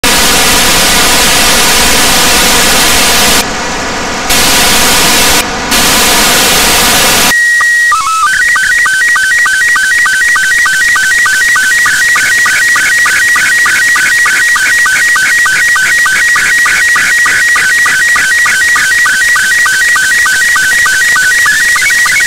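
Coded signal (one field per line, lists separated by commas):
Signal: SSTV (slow-scan television)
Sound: loud hiss, then a steady tone and a rhythmic warbling chirp with regular ticks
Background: radio static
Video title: UmKa-1 satellite. Pass over Costa Rica. SSTV image download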